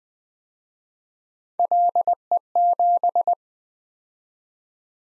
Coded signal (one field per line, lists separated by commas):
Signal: Morse code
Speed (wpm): 20 wpm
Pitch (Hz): 700 Hz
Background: none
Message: LE7